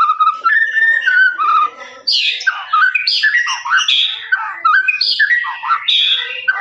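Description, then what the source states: Lovebird song, a dense stream of harsh chirps and squeaks sliding up and down, almost continuous throughout with brief dips. Long, extended "ngekek" chattering song of a lovebird, used as a master recording for training birds.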